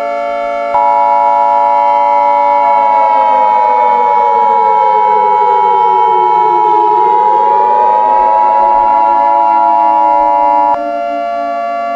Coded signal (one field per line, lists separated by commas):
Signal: Emergency Alert System (SAME) tones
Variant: 853 and 960 Hz attention tone